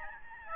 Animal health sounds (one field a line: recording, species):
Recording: mosquito wingbeat signal from an infrared sensor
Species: Aedes albopictus